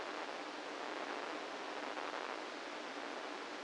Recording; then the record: brain microelectrode recording played as sound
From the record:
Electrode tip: inside the subthalamic nucleus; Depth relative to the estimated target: -1 mm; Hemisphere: right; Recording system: NeuroSet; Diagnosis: Parkinson's disease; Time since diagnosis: 8 years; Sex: male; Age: 65 years